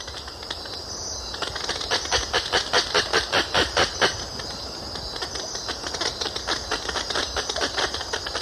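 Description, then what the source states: Oilbird clicks: a rapid series of sharp clicking pulses, loudest in the first half, over a continuous background hiss. Ecuador, South America.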